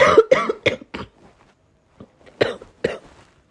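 A rapid run of four short, dry coughs from an adult, a pause, then two more coughs.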